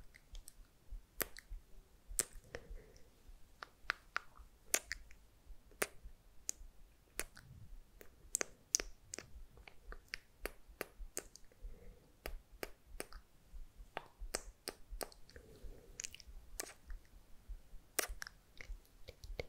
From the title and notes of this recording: MOUTH SOUNDS and KISS SOUNDS + HAND MOVEMENTS ASMR.